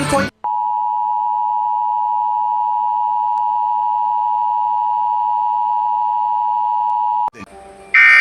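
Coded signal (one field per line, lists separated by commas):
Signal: Emergency Alert System (SAME) tones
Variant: 853 and 960 Hz attention tone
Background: speech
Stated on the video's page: Earthquake-version emergency alert tones for the Philippines.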